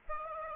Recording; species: mosquito wingbeat signal from an infrared sensor; Aedes aegypti